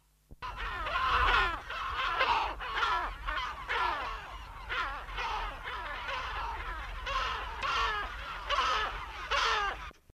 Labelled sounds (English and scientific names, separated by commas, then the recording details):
Kelp Gull (Larus dominicanus) call
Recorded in captivity
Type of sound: call
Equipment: Halbspur, 9,5 cm/s
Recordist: Lütgens, Hans
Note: Rufe